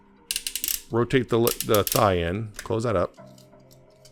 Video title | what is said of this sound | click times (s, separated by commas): Transforming Transformers MPG MPG-14 God Bomber | straighten out the foot. It'll click into place. | 0.3 s, 0.5 s, 0.6 s